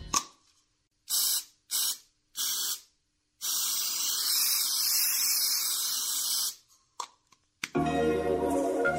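Aerosol spray paint hisses out in three short bursts, then one long steady spray of about three seconds, followed by a couple of quick puffs before music cuts in at the end.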